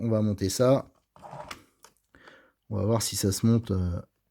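Someone talks while handling a plastic chassis part being test-fitted into a Tamiya TT-02 RC car chassis for a Lancia Delta Intégrale, with a few faint light taps and rustles between the speech. Nothing has seated or clicked yet; the part is not yet home when the clip ends.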